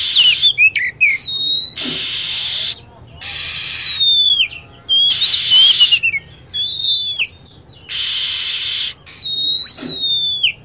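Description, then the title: Lovebird calls, piercing whistles that fall steeply in pitch, given in short groups between blocks of loud hiss. Recording used as a bird lure (pikat) to attract birds. "PIKAT BURUNG LOVEBIRD"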